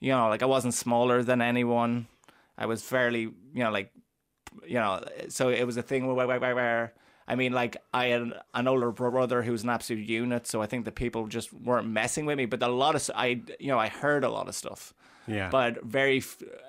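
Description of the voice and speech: An adult man talks conversationally in a steady mid-low voice, with many fillers ('you know', 'like'), drawn-out sounds, brief repeated word starts and several short pauses. These are mild stuttering disfluencies, from a stammer present since age 4 that worsened after his first year of secondary school, varies day to day and is worse when he is tired.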